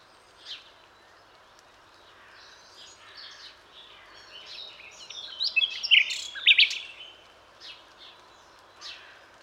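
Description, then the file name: Common nightingale song: scattered soft notes building to a burst of loud, rich whistles and chatters midway, then fading back to isolated notes. "Luscinia megarhynchos"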